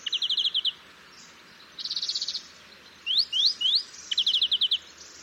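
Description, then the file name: European greenfinch giving fast twittering trills in short bursts, plus three separate rising, slurred notes in the middle; steady light background noise. "Chloris chloris"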